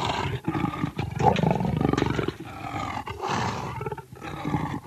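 Leopard calling with rough, sawing strokes, a long harsh grunt followed by shorter raspy bursts after brief gaps.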